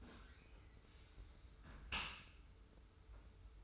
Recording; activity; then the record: daily activity, microphone in the room; close dishwasher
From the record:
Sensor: 2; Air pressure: 991.2 hPa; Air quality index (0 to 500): 139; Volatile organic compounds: 238 ppm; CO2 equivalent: 4330 ppm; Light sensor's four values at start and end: 39/112/44/42 and 39/112/44/42